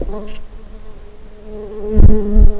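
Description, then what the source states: Common carder bee buzz: a steady, droning hum with a low fundamental and stacked overtones throughout, broken by a few low thumps near the end. Queen.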